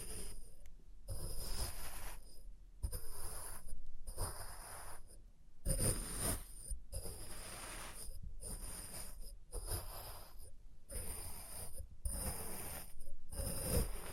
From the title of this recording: Experimental Triggers in Test Tubes